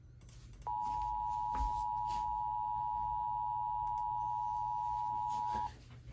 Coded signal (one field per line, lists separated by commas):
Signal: Emergency Alert System (SAME) tones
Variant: 853 and 960 Hz attention tone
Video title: EAS 709: SVR from NWS CHS